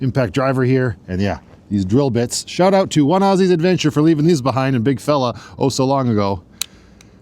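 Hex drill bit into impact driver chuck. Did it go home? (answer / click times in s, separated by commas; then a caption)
yes / 6.6 s. Someone talks for most of the clip, then a hex-shank drill bit is pushed into the quick-release chuck of an impact driver. It locks in with a single sharp click at 6.6 s, and the bit is seated.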